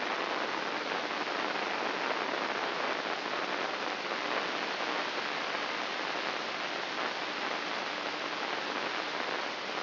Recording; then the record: brain microelectrode recording played as sound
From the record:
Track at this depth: inside the subthalamic nucleus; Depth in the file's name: 3.42 mm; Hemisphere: left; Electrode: 3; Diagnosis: Parkinson's disease